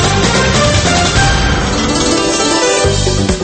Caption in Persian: اگر مدام یا گهگاه صدای صوت، زنگ و یا وزوزی را در گوش خود می شنوید، به تینیتوس مبتلا هستید. تینیتوس به معنای آن است که شنوایی آسیب دیده، چرا که صدایی که می شنوید وجود خارجی ندارد. فرض معتبر موجود این است که سلول‌های شنوایی چنان آسیب دیدند که. علائم غلطی را به مغز ارسال می کنند، علائمی که مغز آنها را صوت تعبیر می کند.